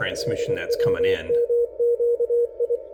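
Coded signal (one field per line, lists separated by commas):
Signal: Morse code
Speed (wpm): 25 wpm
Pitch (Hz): 480 Hz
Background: speech, radio noise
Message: SWMQI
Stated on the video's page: French military coded messages received on a Kiwi SDR in Ireland.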